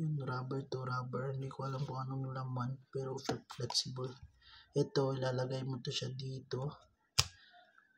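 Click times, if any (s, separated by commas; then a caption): 7.2 s. A camera quick-release mount is fitted into a TELESIN magnetic neck mount base while someone talks. A sharp click at 7.2 seconds marks the mount locking into place, and it is seated.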